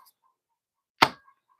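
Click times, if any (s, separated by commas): 1.0 s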